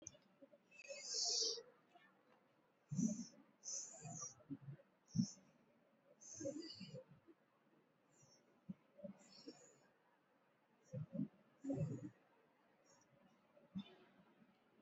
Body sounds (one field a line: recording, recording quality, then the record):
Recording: deep breathing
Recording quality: excellent, no background noise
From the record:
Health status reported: recovered from COVID-19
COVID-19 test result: negative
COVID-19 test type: RT-PCR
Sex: female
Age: 29 years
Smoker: no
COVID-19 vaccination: both doses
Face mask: worn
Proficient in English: yes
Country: India